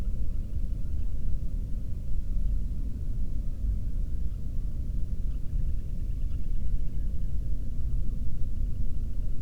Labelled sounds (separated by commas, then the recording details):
bird
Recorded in the Prudhoe Bay oil fields, Alaska, on 13 June 2019 at 00:31
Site 30